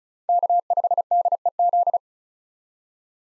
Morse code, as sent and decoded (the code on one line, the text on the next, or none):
-.- ..... -.. . --..
K5DEZ